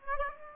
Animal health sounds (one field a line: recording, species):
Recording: mosquito wingbeat signal from an infrared sensor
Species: Aedes aegypti